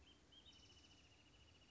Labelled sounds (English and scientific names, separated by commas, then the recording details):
Wrentit (Chamaea fasciata)
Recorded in Sonoma County, California